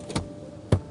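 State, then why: Released. A latch on the integrated child booster cushion built into the rear seat of a 2008 Volvo XC70 is worked. Two faint taps near 0.1 and 0.16 seconds are followed by one sharp click at 0.7 seconds. The cushion releases and flips up, turning the regular seat into a booster seat.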